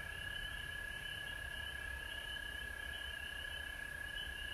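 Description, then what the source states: Chorusing frogs give a bright, even whistle-like trill with quick pulsed notes layered higher, continuous over a faint low rumble. Frogs recorded at home in Georgia on March 19, 2020.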